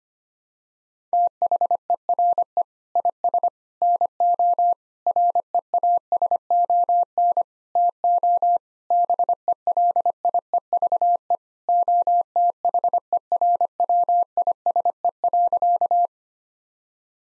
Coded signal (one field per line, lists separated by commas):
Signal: Morse code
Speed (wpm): 25 wpm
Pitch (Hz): 700 Hz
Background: none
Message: THERE IS NO REASON TO BELIEVE OTHERWISE.